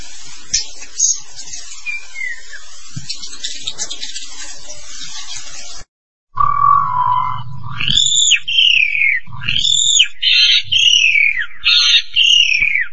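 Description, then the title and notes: Starling song: after a noisy, hissing opening and a short break, loud arching whistled notes repeat several times. "suara burung jalak"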